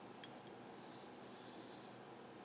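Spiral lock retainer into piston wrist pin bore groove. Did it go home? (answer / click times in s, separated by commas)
no / none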